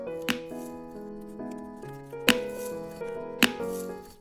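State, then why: Seated. Carved number inlay pieces are pressed into the recessed faces of a handmade backgammon doubling cube, each one seating with a short, sharp, satisfying click at 0.3, 2.3 and 3.4 seconds. Steady background music plays throughout, and the pieces click firmly into place in the cube faces.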